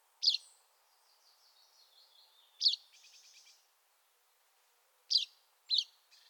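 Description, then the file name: Common chaffinch giving sharp, metallic single call notes at irregular spacing, with faint twittering between them. "Fringilla coelebs"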